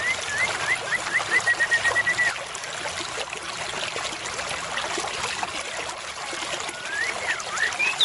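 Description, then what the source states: White-rumped shama song opening with a fast run of bright repeated whistles, then quieter scattered notes under a continuous hiss. Murai batu used as a lure (pikat) call, described as an effective lure with a strong voice.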